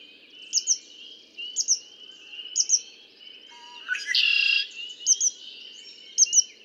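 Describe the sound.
Red-winged blackbird giving one buzzy, rattling trill after soft lead-in notes, with repeated high paired chirps around it.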